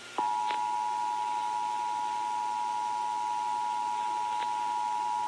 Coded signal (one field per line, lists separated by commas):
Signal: Emergency Alert System (SAME) tones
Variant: 853 and 960 Hz attention tone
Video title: (FAIL) Iowa Required Monthly Tests (EAS #71-72)